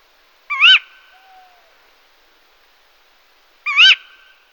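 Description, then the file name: Tawny owl giving two sharp, wavering, high-pitched calls about three seconds apart, with a soft low tone heard between them. "kattugle"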